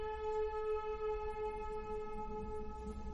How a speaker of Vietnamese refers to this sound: Xe cảnh sát vào trong thôn, tiếng còi hú inh ỏi cũng chẳng lọt vào trong tai.